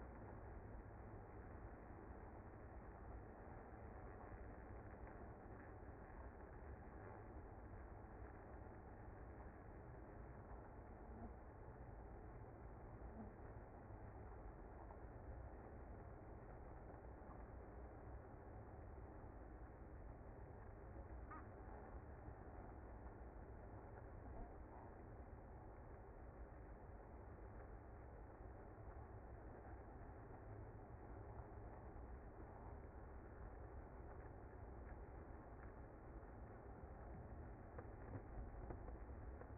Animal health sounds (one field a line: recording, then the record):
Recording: honeybee colony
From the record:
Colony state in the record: active